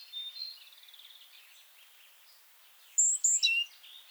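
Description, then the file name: Great tit call: a single phrase of high thin notes and a lower whistle near the end, after softer trilling notes. "Parus major"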